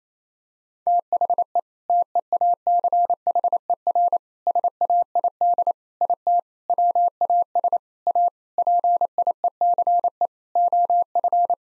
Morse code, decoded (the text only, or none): THE TEACHER SAID IT WAS A PIECE OF